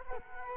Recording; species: mosquito wingbeat signal from an infrared sensor; Culex quinquefasciatus